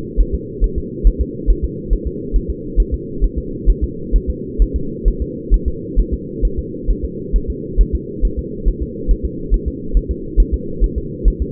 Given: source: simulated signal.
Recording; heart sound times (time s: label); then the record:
fetal heart sounds
0.20 s: S1
0.35 s: S2
0.64 s: S1
0.78 s: S2
1.07 s: S1
1.21 s: S2
1.50 s: S1
1.64 s: S2
1.93 s: S1
2.07 s: S2
2.36 s: S1
2.50 s: S2
2.80 s: S1
2.94 s: S2
3.24 s: S1
3.38 s: S2
3.70 s: S1
3.84 s: S2
4.16 s: S1
4.30 s: S2
4.62 s: S1
4.76 s: S2
5.08 s: S1
5.22 s: S2
5.54 s: S1
5.68 s: S2
6.00 s: S1
6.14 s: S2
6.45 s: S1
6.59 s: S2
6.90 s: S1
7.05 s: S2
7.36 s: S1
7.50 s: S2
7.81 s: S1
7.95 s: S2
8.25 s: S1
8.39 s: S2
8.68 s: S1
8.82 s: S2
9.11 s: S1
9.25 s: S2
9.54 s: S1
9.68 s: S2
9.97 s: S1
10.11 s: S2
10.40 s: S1
10.54 s: S2
10.84 s: S1
10.98 s: S2
11.28 s: S1
11.42 s: S2
From the record:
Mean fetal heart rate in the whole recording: 135 bpm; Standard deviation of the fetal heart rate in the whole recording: 3 bpm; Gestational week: 36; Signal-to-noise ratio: -4.3 dB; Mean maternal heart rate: 72 bpm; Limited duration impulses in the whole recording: absent